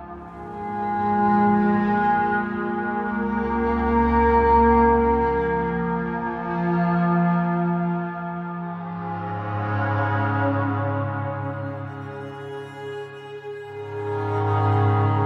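Soft upright piano playing slow, sustained chords that ring and overlap, with deep bass notes held underneath. The loudness stays fairly even, swelling gently around four seconds and again near the end, with the tone shifting to a new chord near nine seconds.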